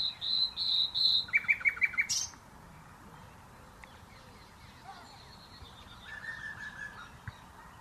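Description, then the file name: Common nightingale song: pure whistled notes followed by a quick series of chirps and a high sweep, then near silence with faint sounds. "Luscinia megarhynchos"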